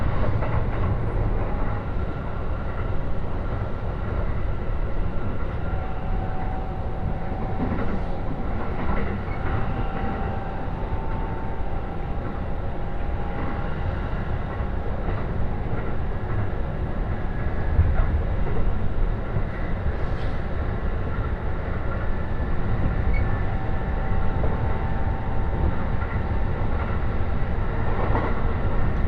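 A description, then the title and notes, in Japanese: A train ride on the Joban Line, heard as a steady, dense low rumble of the running train that barely changes for the whole stretch. Faint tonal whines drift in and out around the middle and near the end, with occasional soft clunks over the rails. 耳で楽しむ鉄道旅 常磐線 勝田→石岡。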